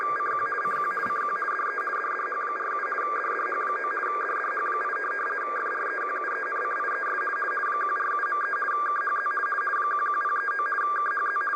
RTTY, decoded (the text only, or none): CQ CQ CQ DE DDH47 DDH9 DDH8 FREQUENCIES 147.3 KHZ 11039 KHZ